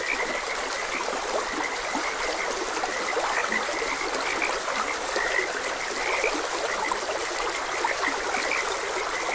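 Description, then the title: Steady frog chorus of rapid croaking notes blended with the continuous wash of flowing stream water. Frogs croaking beside a gentle stream. "Gentle Stream and Frogs Croaking"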